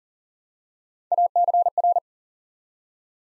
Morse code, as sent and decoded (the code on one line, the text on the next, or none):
.- -.-. .-.
ACR